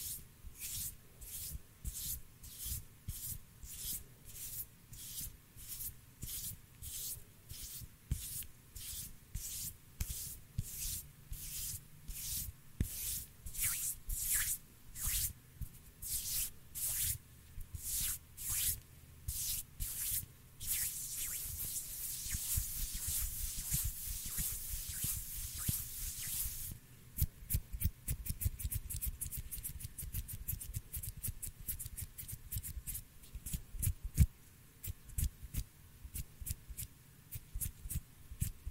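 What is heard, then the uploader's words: Hands rub and brush together in quick strokes, each a bright hissing swipe repeating about twice a second. Around the twenty-second mark the rubbing turns into a continuous dense hiss for several seconds, then breaks back into rapid, slightly louder individual swipes. ASMR HAND SOUNDS NO TALKING,INTENSE HAND SOUNDS ASMR NO TALKING. ASMR HAND MOVEMENTS.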